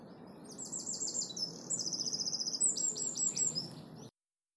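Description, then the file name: Eurasian wren singing a fast, high-pitched run of ringing trills and quick chattering notes, cut off at the end, with low rumbling noise underneath. "Troglodytes troglodytes"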